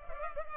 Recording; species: mosquito wingbeat signal from an infrared sensor; Culex pipiens